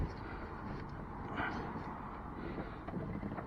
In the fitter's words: and then back and you'll hear the clicks